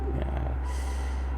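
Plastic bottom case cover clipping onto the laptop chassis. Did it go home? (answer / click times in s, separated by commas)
yes / 0.2 s, 0.4 s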